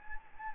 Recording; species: mosquito wingbeat signal from an infrared sensor; Anopheles gambiae